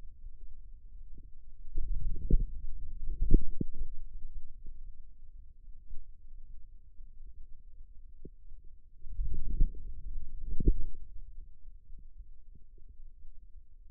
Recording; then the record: forearm muscle sounds (acoustic myography)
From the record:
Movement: outward rotation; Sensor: system 2, bracelet of six BSWA MPA416 microphones around the upper forearm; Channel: 1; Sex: male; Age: 22 years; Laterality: right